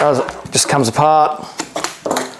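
Someone talks while handling the shock-corded aluminium pole sections of a folding camping chair frame, which are being snapped together into each other and into the hub. Short sharp knocks of the poles sound at about 1.8, 2.1 and 2.2 seconds between the talking. Nothing has seated or clicked into place yet.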